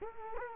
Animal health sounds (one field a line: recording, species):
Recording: mosquito wingbeat signal from an infrared sensor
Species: Culex quinquefasciatus